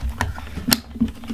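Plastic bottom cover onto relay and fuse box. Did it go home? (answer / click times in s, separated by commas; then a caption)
no / none. A plastic bottom cover is pressed carefully back onto a DIY relay and fuse box so as not to pinch the wires. Short plastic knocks and rattles are heard, the sharpest near 0.2 s and 0.7 s, over a low background hum. Nothing has seated or clicked into place yet.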